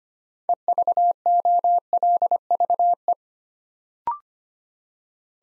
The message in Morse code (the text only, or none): EVOLVE